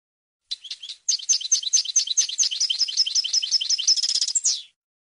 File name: audio burung goldfinch